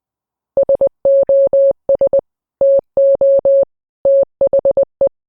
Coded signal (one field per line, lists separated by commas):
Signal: Morse code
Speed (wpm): 20 wpm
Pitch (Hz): 550 Hz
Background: none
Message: SOS TO THE